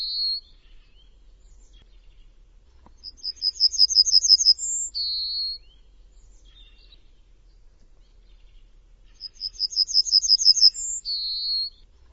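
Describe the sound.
Bird song in two matching phrases about six seconds apart: a rapid series of high notes, a very high whistle, then a buzzy lower note; low rumble beneath.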